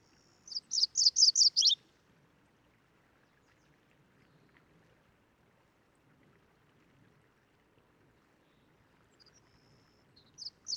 MacGillivray's Warbler song recorded on the Cub Lake Trail in Rocky Mountain National Park.